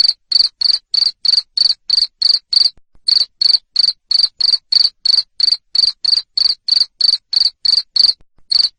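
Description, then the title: Shrill cricket chirps repeated quickly and evenly, around three each second, with a couple of short gaps. Loud cricket chirping played to make lovebirds sing continuously. "Suara JANGKRIK NGERIK Keras Bikin LOVEBIRD Jadi NGEKEK Terus Vubey"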